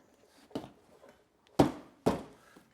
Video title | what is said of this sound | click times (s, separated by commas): How to Replace Headlights & Running Lights on Chevy Silverado, Tahoe, GMC Trucks & More (2006-2013)" | gotta bump it in like that and it will snap right into place | 1.6 s, 2.1 s